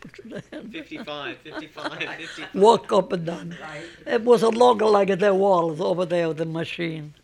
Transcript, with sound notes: Fifty-five, fifty-five, fifty-five.
( they laugh ) Walk up and down. It was long like the wall over there, the machine.